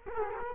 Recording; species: mosquito wingbeat signal from an infrared sensor; Culex quinquefasciatus